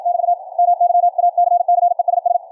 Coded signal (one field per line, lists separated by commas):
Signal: Morse code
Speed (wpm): 56 wpm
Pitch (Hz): 700 Hz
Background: radio noise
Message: <BT> MY ACCESS